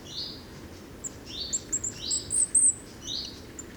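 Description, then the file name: Common firecrest giving a few sharp, very high, thin notes in quick succession, with softer down-slurred notes beneath and low background noise. Recorded at Drössling on 21 September 2013. "Sommergoldhaehnchen 21 09 2013 Droessling STA Michle Peron"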